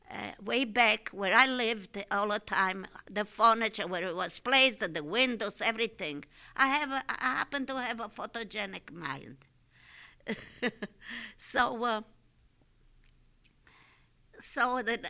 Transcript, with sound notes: Way back where I lived all the time the furniture, where it was placed at the windows, everything. I happen to have a photogenic mind. ( she laughs ) So, uh, so